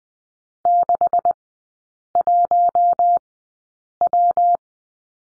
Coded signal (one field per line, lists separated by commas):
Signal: Morse code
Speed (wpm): 20 wpm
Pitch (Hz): 700 Hz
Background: none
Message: 61W